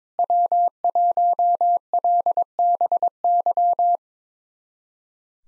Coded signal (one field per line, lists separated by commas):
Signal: Morse code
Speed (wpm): 22 wpm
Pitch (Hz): 700 Hz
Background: none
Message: W1LBY